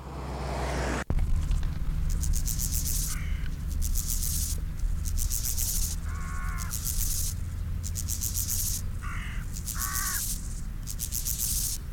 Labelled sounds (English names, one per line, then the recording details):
Steppe Grasshopper stridulation
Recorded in the wild
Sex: male
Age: imago
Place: Lienen, Nordrhein-Westfalen, DE
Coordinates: 52.145, 7.974
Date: 1991-09-21 10:53
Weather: am Gras 18,1°C, in der Sonne 29,8°C
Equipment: Marantz, Sennheiser ME 80, Kopie Tesla B 116
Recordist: Tembrock, Günter